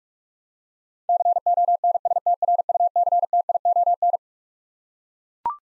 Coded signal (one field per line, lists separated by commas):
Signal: Morse code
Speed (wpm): 41 wpm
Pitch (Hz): 700 Hz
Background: none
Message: CONSTRUCTION